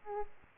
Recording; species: mosquito wingbeat signal from an infrared sensor; Aedes aegypti